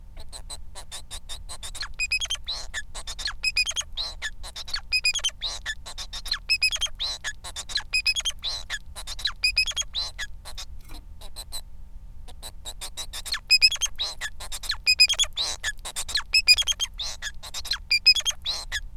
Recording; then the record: song of a male Bengalese finch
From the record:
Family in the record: son of father 4